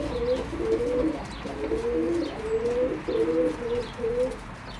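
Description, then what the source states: Pigeon cooing continuously, low gurgling coos rolling one after another without pause. Recorded in Berlin, Germany, in 2022.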